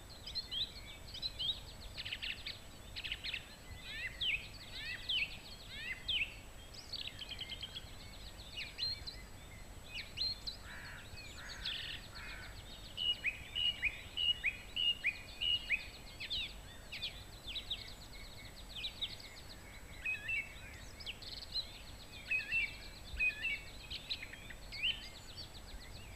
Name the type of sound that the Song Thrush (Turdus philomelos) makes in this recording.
song